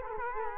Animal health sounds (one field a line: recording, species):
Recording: mosquito wingbeat signal from an infrared sensor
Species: Culex quinquefasciatus